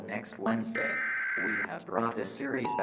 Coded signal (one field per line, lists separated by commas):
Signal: Emergency Alert System (SAME) tones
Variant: header bursts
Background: speech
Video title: The Best EAS Scenario Ever 11